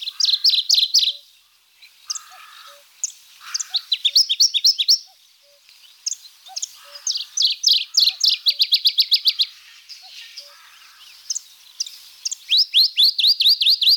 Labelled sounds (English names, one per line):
Dusky Warbler song